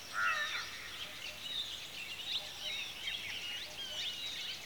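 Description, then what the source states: Birds twittering together, a mass of high, quick chirps and short squeaky notes with one lower call at the start. Birds at a watering hole in the afternoon.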